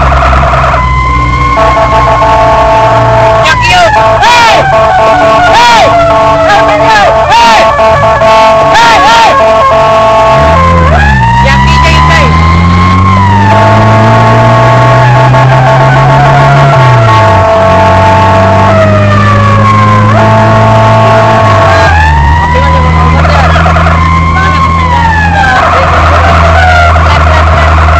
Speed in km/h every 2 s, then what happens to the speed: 47, 44, 40, 38, 22, 18, 18, 25, 38, 51, 58, 58, 59, 60.
0-9 slows to 18. 12-19 speeds up to 58. 19-28 steady at about 58.